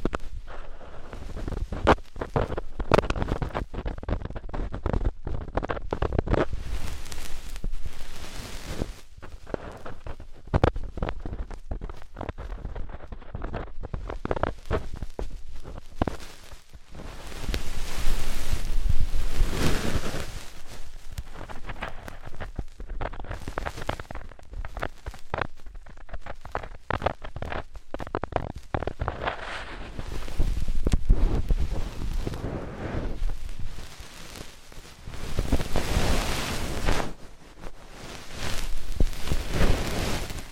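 Ear cleaning sounds: dense, crackly scratching and rubbing with a low rumble underneath, continuous across the whole stretch. The texture comes in irregular bursts and sweeps, with louder, fuller passages around 17–21, 31–33 and 38–40 seconds and brief quiet gaps between.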